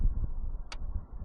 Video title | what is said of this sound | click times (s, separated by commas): A Busted BMW-Business as usual! | It locks in place. | 0.7 s